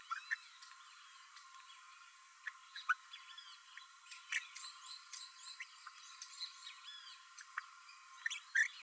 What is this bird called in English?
Green-rumped Parrotlet